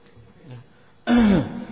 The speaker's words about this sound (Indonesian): Tiba-tiba orang yang sholat itu, itu namanya tanahnuh. Dalam bahasa kita apa itu namanya? Apa bahasa kita itu? Iya, kalau bahasa asingnya itu dehem itu.